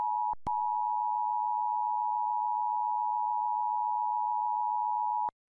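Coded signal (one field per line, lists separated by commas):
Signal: Emergency Alert System (SAME) tones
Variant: 853 and 960 Hz attention tone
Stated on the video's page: TV station flash flood warning EAS alert, taken from an archived TV recording.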